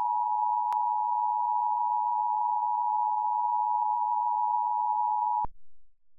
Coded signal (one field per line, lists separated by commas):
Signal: Emergency Alert System (SAME) tones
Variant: 853 and 960 Hz attention tone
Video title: RESPONSE TO AT88TV'S EAS VIDEO. MUST WATCH FOR THE TTS COMMUNITY!!!!!!!!!